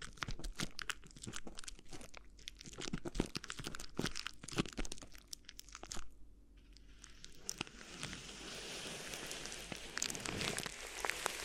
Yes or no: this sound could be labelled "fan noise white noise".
no